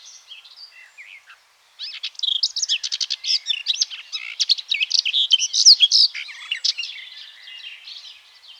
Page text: Garden Warbler Song. Quick Sounds